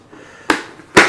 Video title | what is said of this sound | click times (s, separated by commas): plastic planters unboxing Great for house plants! unboxing | So once you get these set up here, locks into place just like that, and turn it. | 0.5 s